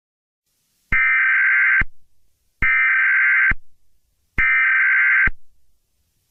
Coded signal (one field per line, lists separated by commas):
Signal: Emergency Alert System (SAME) tones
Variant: header bursts